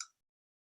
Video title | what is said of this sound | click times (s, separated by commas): ATM y alineadores - Andrea Bono | del clic y este clic que nos encanta cuando la taxonomía ni calza con el alineador bueno | 0.0 s